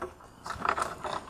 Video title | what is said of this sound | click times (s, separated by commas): VW 1.8T Secondary Air Injection Pump Replacement for Fault Code P0411 | push until you hear it audibly click in place | 0.7 s